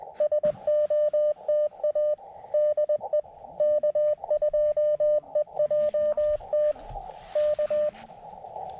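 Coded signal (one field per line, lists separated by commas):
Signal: Morse code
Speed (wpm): 21 wpm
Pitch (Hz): 600 Hz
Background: none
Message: SOTA DE K2EJT K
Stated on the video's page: CW summit (SOTA) and park (POTA) activation from a rainy, foggy mountain summit fire tower area; eleven contacts made.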